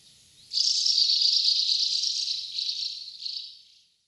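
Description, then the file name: Asian house martin call: one sustained dry rattling twitter lasting about three seconds, fading out at the end. Recorded at Fuchu on 2004-05-06. "iwatsubame fuchu mju"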